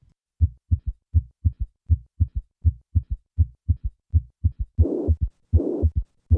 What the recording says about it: Listen to the sound of severe mitral regurgitation. I will begin with a third heart sound and then add the murmur.